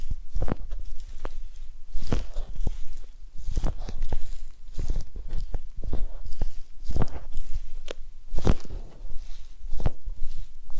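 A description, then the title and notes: Crisp tapping and rubbing sounds from a massage and ear-cleaning session, with sharp clicks and pops arriving irregularly every fraction of a second. A soft low rustle runs underneath throughout, and the loudest knocks come around the middle and near the end. ASMR Relaxing Massage, Ear Cleaning and Spa Making You Sleep Instantly (No Talking).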